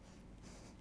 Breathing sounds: one breath in and out by a microphone near the nose and mouth; strong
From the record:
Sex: male

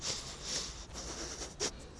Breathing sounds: one breath in and out by a microphone near the nose and mouth; strong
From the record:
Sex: male

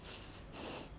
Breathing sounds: one breath in and out by a microphone near the nose and mouth; strong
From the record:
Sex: male

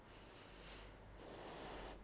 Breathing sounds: one breath in and out by a microphone near the nose and mouth; deep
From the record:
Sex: female

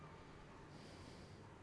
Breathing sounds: one breath in and out by a microphone near the nose and mouth; normal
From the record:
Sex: male

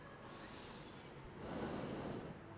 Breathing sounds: one breath in and out by a microphone near the nose and mouth; normal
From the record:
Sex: male

